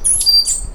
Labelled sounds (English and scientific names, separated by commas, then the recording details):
Stitchbird (Notiomystis cincta) song
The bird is a male
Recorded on Tiritiri Matangi Island, New Zealand, in 2005
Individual 1, of nest box 1